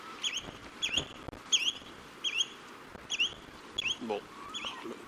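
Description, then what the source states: Spotted redshank giving clear upslurred 'chu-it' whistles roughly every 0.7 seconds against a hissing background, with a brief lower sound near the end. In flight.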